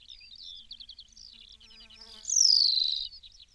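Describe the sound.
New Zealand pipit call: one loud, high, thin note sliding steeply downward, lasting under a second, after a stretch of soft, busy twittering.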